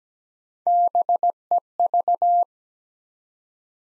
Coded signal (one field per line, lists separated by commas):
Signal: Morse code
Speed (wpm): 17 wpm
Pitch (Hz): 700 Hz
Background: none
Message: BEV